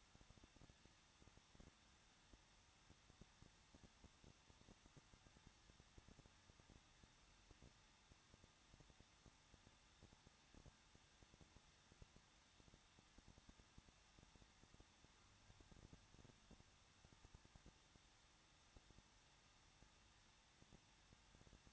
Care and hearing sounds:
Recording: daily activity, microphone in the room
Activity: no activity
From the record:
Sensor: 3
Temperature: 21.2 degrees Celsius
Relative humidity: 36.2%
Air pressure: 1006.5 hPa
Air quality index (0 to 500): 220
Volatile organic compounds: 39 ppm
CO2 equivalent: 3130 ppm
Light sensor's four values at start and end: 2/3/2/2 and 2/3/2/2

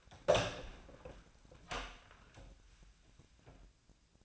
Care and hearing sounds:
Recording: daily activity, microphone in the room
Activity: open door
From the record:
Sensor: 2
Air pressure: 1009.1 hPa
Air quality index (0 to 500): 180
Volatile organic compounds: 2 ppm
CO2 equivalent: 1310 ppm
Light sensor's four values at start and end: 31/83/35/37 and 31/83/35/37

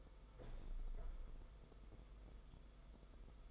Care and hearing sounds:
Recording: daily activity, microphone in the room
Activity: open window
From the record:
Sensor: 5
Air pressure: 990.5 hPa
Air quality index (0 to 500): 163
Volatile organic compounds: 282 ppm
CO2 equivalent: 4441 ppm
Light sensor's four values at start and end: 17/41/17/18 and 18/42/17/18

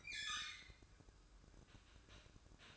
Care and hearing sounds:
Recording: daily activity, microphone in the room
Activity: open fridge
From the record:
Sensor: 2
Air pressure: 1007.6 hPa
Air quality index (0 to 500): 47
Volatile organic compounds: 1 ppm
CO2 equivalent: 560 ppm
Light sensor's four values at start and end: 10/24/10/10 and 10/24/10/11

